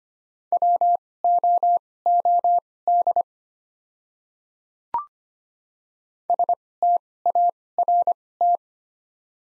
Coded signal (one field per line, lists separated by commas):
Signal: Morse code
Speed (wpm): 25 wpm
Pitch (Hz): 700 Hz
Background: none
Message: WOOD START